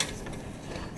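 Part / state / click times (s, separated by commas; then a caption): screw on oil burner assembly / stripped / 0.0 s. While a screw on an oil burner assembly is being loosened during service, it slips and strips out with a sharp, ratchet-like mechanical snap at 0.0 s. A low, steady mechanical rattle continues for the rest of the second. The screw is stripped.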